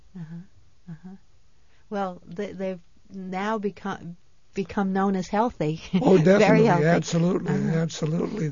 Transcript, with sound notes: Uh-huh. Well, they've now become known as healthy. ( she laughs )
Oh, definitely, absolutely, absolutely.